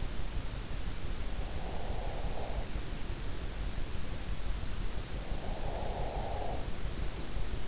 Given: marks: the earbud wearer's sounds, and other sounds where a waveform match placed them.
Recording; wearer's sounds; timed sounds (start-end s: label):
sounds in sleep by an in-ear microphone; breath
1.49-2.91 s: breath
4.95-7.45 s: breath